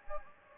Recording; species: mosquito wingbeat signal from an infrared sensor; Anopheles gambiae